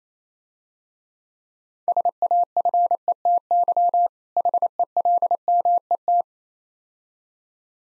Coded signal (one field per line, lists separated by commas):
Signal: Morse code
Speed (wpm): 27 wpm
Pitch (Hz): 700 Hz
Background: none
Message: SAFETY HELMET